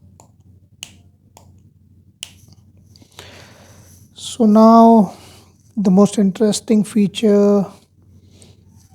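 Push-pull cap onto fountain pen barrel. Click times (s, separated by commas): 0.8 s, 2.2 s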